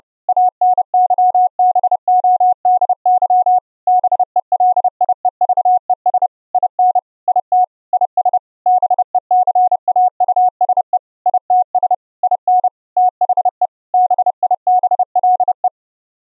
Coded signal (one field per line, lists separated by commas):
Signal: Morse code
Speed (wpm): 29 wpm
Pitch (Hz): 730 Hz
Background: none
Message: ANYBODY BELIEVES IN IT IS BECAUSE ITS IN THE BIBLE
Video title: Raspberry PI 4 ENB-CW soundcard SDR Transmitter & ENB-CW Laptop soundcard SDR Receiver - on VLF band